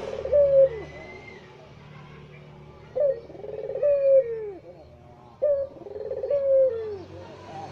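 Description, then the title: Barbary dove delivering three two-part coos, a short bright note then a purring, falling coo. Released as a masteran training recording for songbirds; white Barbary dove (puter putih). "Kicau Mania Masteran Burung Puter Putih"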